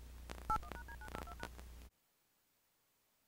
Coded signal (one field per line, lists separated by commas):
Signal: DTMF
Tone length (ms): 80 ms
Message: 81#D92#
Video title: Small Compilation of DTMF Dial Up Tones on VHS Tapes